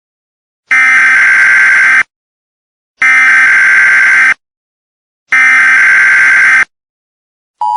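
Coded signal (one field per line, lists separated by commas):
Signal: Emergency Alert System (SAME) tones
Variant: header bursts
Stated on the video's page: Fictional EAS scenario alert.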